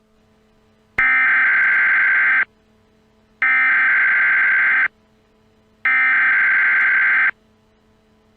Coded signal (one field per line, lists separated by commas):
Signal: Emergency Alert System (SAME) tones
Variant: header bursts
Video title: EAS Scenario: Possessed